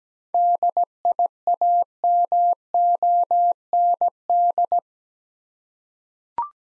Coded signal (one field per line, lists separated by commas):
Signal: Morse code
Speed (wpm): 17 wpm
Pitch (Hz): 700 Hz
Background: none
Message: DIAMOND